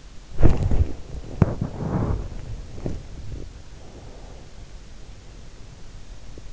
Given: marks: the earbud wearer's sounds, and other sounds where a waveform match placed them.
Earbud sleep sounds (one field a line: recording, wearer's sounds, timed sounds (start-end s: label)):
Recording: sounds in sleep by an in-ear microphone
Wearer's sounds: body movement, breath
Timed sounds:
0.31-3.63 s: body movement
3.63-6.07 s: breath